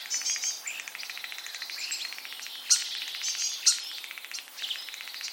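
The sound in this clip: Common starling song: dense buzzy rattling medley with overlapping wheezes and whistles, cut by two sharp snapping clicks about a second apart.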